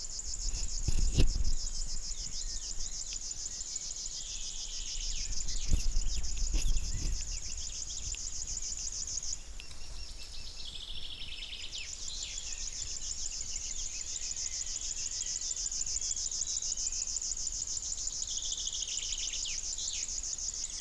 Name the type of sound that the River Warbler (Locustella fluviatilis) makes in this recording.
song